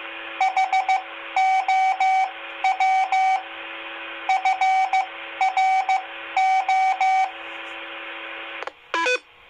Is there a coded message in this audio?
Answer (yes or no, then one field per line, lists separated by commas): yes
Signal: Morse code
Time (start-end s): 0.4-7.2 s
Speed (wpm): 15 wpm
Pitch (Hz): 760 Hz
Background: radio noise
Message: HOW FRO